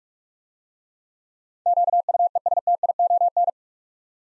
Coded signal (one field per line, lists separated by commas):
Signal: Morse code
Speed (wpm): 42 wpm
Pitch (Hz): 700 Hz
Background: none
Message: QUESTION